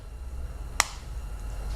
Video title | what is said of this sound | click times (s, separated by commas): NISSAN VERSA NOTE KEY FOB BATTERY REPLACEMENT, KEY NOT WORKING FIX | Okay, and you can hear that click guys. | 0.8 s